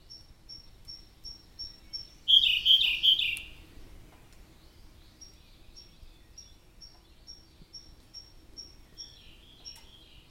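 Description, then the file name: Siberian blue robin song: soft, evenly spaced high ticks, then a loud rapid rattling phrase lasting about a second, followed by more faint ticking. "robin-siberian-blue Larvivora-cyane"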